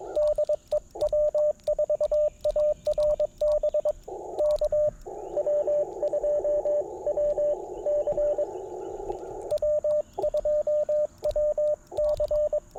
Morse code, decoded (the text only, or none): DE W4ARB K W2WC W2WC